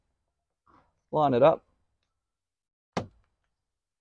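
Someone talks briefly as a tweeter cover's steel clip is lined up with its hole in the door trim panel of a 2008–2014 Subaru Impreza/WRX. The cover is pushed down, and a single short, sharp thunk at 3.0 s marks the clip seating in the trim.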